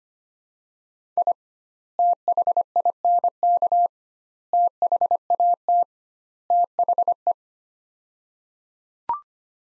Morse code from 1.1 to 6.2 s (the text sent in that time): I THINK THAT